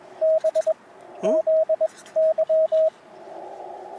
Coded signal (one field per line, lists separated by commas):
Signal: Morse code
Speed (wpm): 20 wpm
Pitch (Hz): 630 Hz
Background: radio noise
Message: BZY